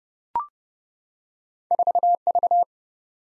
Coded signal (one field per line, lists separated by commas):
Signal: Morse code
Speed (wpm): 30 wpm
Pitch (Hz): 700 Hz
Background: none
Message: 4V